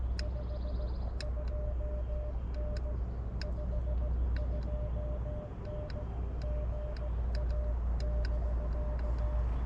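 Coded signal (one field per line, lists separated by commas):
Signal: Morse code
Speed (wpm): 17 wpm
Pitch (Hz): 600 Hz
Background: none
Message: 52N 52N GA <BK>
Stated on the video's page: CW Parks on the Air activation using an Elecraft KX2.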